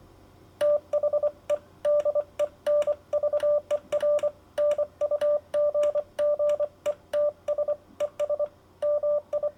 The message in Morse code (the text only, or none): THE DENVER NUGGETS ES MI